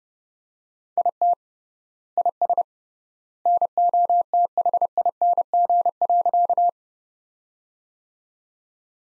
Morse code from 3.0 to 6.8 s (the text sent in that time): NOTHING.